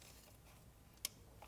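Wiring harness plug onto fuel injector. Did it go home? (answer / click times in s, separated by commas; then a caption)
yes / 1.1 s. A plastic wiring-harness electrical plug is pushed onto the number four fuel injector on a BMW N20/N26 engine. It locks with a single sharp, positive click at 1.1 s against a quiet background, followed by a faint soft sound near 1.4 s. The connector is seated and wired in.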